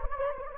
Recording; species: mosquito wingbeat signal from an infrared sensor; Anopheles gambiae